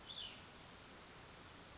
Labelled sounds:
Cassin's Vireo (Vireo cassinii)
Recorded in Sonoma County, California

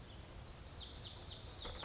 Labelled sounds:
Lazuli Bunting (Passerina amoena)
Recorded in Sonoma County, California

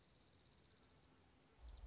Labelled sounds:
Dark-eyed Junco (Junco hyemalis)
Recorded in Sonoma County, California

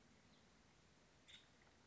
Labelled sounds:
Nuttall's Woodpecker (Dryobates nuttallii)
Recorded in Sonoma County, California

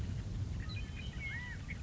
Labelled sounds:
California Quail (Callipepla californica)
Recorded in Sonoma County, California

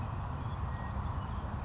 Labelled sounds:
House Finch (Haemorhous mexicanus)
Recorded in Sonoma County, California

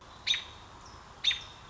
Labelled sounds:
American Robin (Turdus migratorius)
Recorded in Sonoma County, California

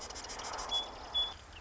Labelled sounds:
Marsh Wren (Cistothorus palustris)
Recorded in Sonoma County, California

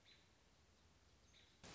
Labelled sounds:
American Robin (Turdus migratorius)
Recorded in Sonoma County, California

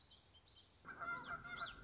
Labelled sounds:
Common Yellowthroat (Geothlypis trichas)
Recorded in Sonoma County, California

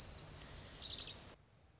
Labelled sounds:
Orange-crowned Warbler (Leiothlypis celata)
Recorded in Sonoma County, California

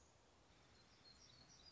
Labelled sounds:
Black-throated Gray Warbler (Setophaga nigrescens)
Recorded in Sonoma County, California

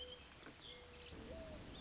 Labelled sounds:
Mourning Dove (Zenaida macroura)
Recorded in Sonoma County, California

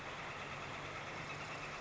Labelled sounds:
Northern Flicker (Colaptes auratus)
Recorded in Sonoma County, California

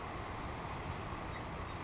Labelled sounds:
Savannah Sparrow (Passerculus sandwichensis)
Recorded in Sonoma County, California

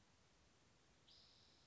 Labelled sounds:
Spotted Towhee (Pipilo maculatus)
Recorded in Sonoma County, California

